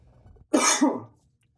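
One harsh, two-phase adult male cough lasting about half a second, in a quiet room.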